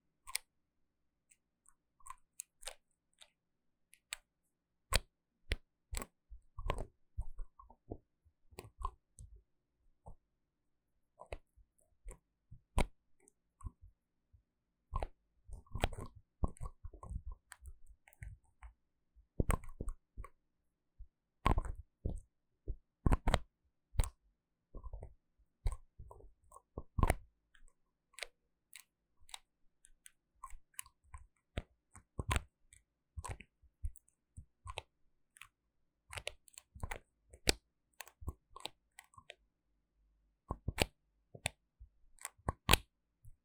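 Bottles and jars being handled, with sharp clicks and taps from lids and caps. The sounds come in irregular bursts of quick, crisp clatter, busiest between about 15 and 27 seconds, separated by brief silences, with some low thuds and fainter crinkling in between.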